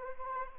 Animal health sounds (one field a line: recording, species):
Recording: mosquito wingbeat signal from an infrared sensor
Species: Anopheles arabiensis